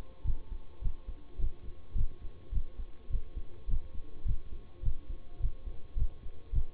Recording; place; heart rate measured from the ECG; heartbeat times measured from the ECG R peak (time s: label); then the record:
heart sounds by stethoscope; between the tricuspid and mitral areas; 105 bpm
0.24 s: heartbeat
0.81 s: heartbeat
1.38 s: heartbeat
1.95 s: heartbeat
2.52 s: heartbeat
3.10 s: heartbeat
3.67 s: heartbeat
4.25 s: heartbeat
4.82 s: heartbeat
5.39 s: heartbeat
5.96 s: heartbeat
6.52 s: heartbeat
From the record:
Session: bicycle stress test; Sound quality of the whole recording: good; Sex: male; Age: 26 years